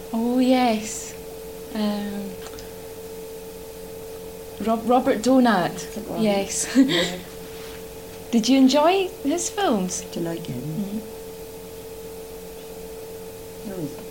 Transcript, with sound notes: Oh yes. Robert Donat. Yes. [laughs] Did you enjoy his films?
Used to like him.
Mhm.